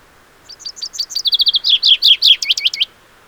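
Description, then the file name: Common chaffinch song: a bright run of sharp high notes speeding into a fast even trill, then louder down-slurred phrases, about two and a half seconds long. "Fringilla coelebs"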